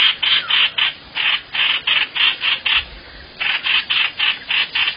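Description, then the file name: Bird gives rasping notes in two bursts separated by a short pause, each burst a quick even series. "tieng chim hoanh hoach"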